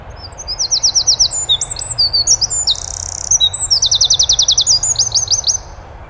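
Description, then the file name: Eurasian wren song, loud and very high, made of fast buzzing trills and quick twittering runs that pour on almost without pause for about five seconds. "Troglodytes troglodytes"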